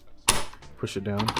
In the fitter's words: We're going to get this piece. Snaps right in.